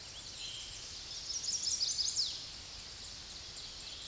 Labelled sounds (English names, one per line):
Chestnut-sided Warbler song